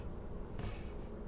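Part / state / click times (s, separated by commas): magnetic phone clamp onto smartphone gimbal / not seated / none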